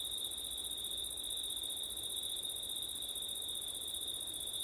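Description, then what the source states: Steady high-pitched cricket trilling, one sustained ringing band with a higher shimmer above. Crickets at night in September, with wind; ORTF microphone setup.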